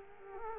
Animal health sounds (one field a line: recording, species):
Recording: mosquito wingbeat signal from an infrared sensor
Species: Culex quinquefasciatus